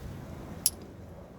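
A wiring harness electrical connector is pushed onto the mating plug of a replacement distributor on a 1999 Honda CR-V. Against a low background hum, a single sharp, bright click sounds at 0.7 s as the connector latches. The connector is seated.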